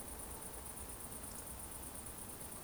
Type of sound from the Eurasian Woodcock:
whistle